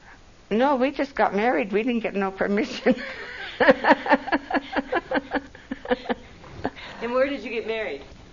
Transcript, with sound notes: No we just got married. We didn't get no permission (laughs)
And where did you get married?